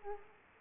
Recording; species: mosquito wingbeat signal from an infrared sensor; Aedes aegypti